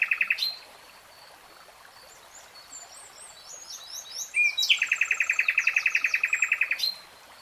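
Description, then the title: Nightingale gives a short burst, falls quiet under faint high twittering, then delivers a long, fast rattling series of repeated notes for over two seconds. "[Tiếng chim hót] Nightingale Singing"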